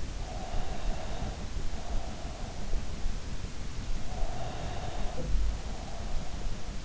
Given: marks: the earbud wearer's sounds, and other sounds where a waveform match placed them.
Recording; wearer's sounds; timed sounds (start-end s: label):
sounds in sleep by an in-ear microphone; breath
0.30-2.42 s: breath
4.08-6.46 s: breath